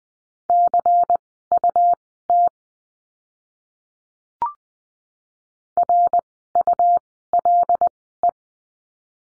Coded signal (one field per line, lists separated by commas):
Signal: Morse code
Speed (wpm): 20 wpm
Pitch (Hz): 700 Hz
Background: none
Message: CUT RULE